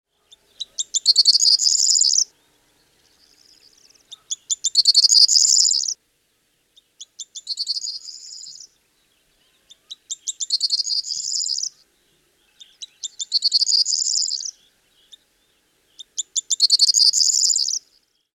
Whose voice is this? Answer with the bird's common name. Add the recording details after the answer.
Corn Bunting. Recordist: Tembrock, Günter. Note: Gesang